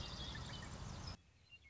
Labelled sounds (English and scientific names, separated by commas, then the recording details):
Western Meadowlark (Sturnella neglecta)
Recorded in Sonoma County, California